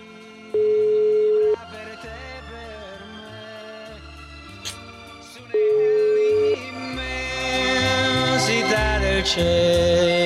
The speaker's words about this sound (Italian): No, suona il telefono, non l'armonica.